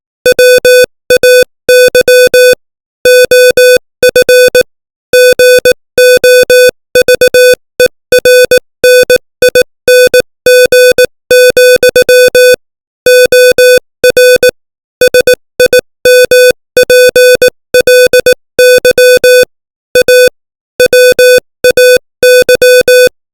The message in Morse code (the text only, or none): WAY OF GOVERNING, OR SIMPLY A WAY